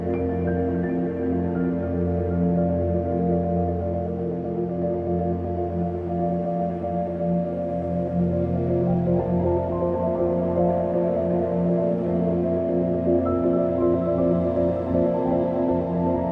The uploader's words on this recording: As the record spins slowly, it opens a doorway to a soft and nostalgic standup piano.